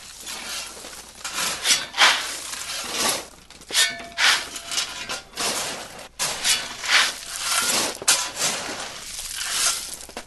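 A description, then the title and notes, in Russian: A shovel scrapes and digs in a run of short, gritty strokes, each a rough bright rasp lasting about half a second. The strokes come irregularly, roughly one or two per second, with a brief near-silent pause just after six seconds. Звуки лопаты.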